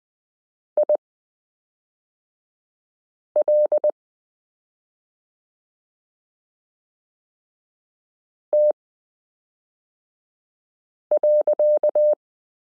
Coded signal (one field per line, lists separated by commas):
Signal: Morse code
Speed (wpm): 20 wpm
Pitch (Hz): 600 Hz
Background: none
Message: IL T.